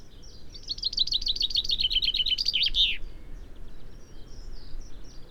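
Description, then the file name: Common chaffinch song: a quick run of bright, descending chipping notes speeding into a rattling trill and ending in a short flourish, with faint birdsong afterward. "Fringilla coelebs"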